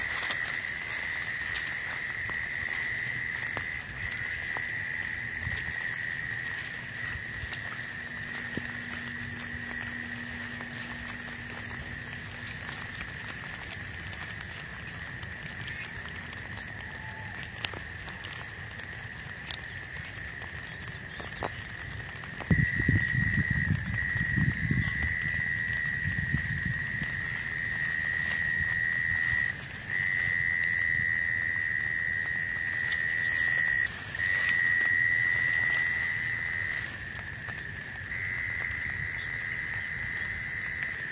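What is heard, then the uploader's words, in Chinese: Insects keep up a steady, unbroken trill at a single bright pitch for the whole recording, with a second faint whine higher above it. Around the middle, low rumbling thumps and handling noise come in and the sound grows louder, then settles again. 你听过虫子的歌唱吗？虫虫奏鸣曲。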